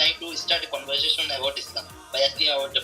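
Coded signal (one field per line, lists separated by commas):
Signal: none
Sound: a video's notification beeps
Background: speech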